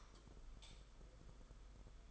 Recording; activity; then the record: daily activity, microphone in the room; light off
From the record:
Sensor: 5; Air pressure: 991.0 hPa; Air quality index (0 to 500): 109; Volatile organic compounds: 25 ppm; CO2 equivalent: 2834 ppm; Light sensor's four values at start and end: 19/48/19/21 and 18/43/17/19